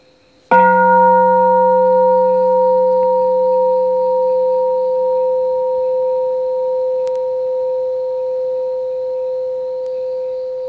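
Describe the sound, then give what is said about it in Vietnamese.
A single strike of a temple bell, the first bell of a Buddhist recitation, offered in reverence to the Buddha, opening with a sharp attack and then ringing on in a steady, layered hum of deep and mid tones that fades only slightly over ten seconds. “Tiếng chuông thứ nhất, đem tất cả tấm lòng chân thành cung kính hướng về Đức Thế Tôn bậc A-la-hán chánh đẳng giác.”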